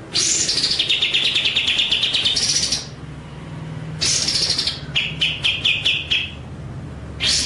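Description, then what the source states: White-rumped shama song: long runs of fast, rattling repeated notes alternating with harsh, buzzy high bursts. Masteran training track of murai batu song, described as full ngerol (rolling) and nembak (shooting) style.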